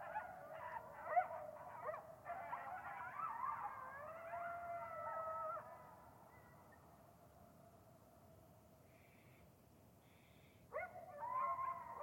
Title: Coyote Pack Howls Interrupted By Annoyed-Sounding Steller's Jay